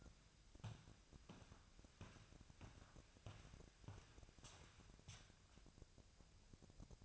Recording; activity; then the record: daily activity, microphone in the room; walk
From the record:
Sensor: 2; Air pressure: 1012.0 hPa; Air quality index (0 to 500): 172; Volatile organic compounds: 2 ppm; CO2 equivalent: 1260 ppm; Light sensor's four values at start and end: 43/114/48/54 and 43/113/48/54